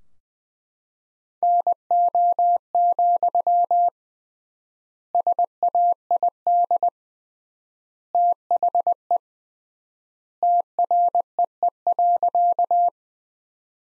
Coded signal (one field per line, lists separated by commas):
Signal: Morse code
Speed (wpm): 20 wpm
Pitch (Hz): 700 Hz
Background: none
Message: NO, SAID THE TREE.